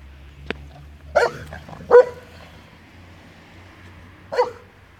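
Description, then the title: Dog barking: three sharp barks, two close together, then one more after a pause. Dog named Jacko showing funny behaviour. "Jacko has his 5 minutes - funny dog behavior"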